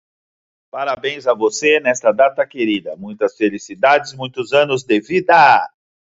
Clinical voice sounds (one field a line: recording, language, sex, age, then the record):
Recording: short text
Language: Brazilian Portuguese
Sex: male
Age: 40 to 49 years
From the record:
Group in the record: control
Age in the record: 45 years